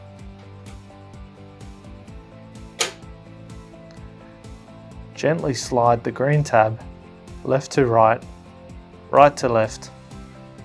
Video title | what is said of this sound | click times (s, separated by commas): How to replace the drum cartridge | replace the toner cartridge firmly into the new drum unit until you hear it click into place | 2.8 s